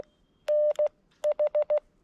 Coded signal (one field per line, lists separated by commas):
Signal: Morse code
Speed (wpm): 16 wpm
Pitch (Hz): 600 Hz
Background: none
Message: N H